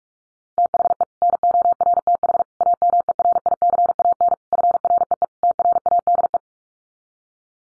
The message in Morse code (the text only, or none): THE NORTH AMERICAN FREE TRADE